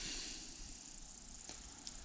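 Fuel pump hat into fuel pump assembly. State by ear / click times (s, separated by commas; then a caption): not seated / none. An aftermarket Fore Innovations fuel pump top hat is handled at the fuel pump assembly before being pressed in, with a steady broadband hiss and faint handling noises, including a brief light tap around 1.9 s. Nothing has seated or clicked into place yet.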